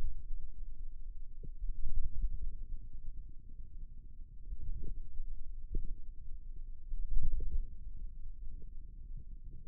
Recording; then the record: forearm muscle sounds (acoustic myography)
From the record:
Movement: ulnar deviation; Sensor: system 2, bracelet of six BSWA MPA416 microphones around the upper forearm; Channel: 3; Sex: male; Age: 22 years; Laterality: right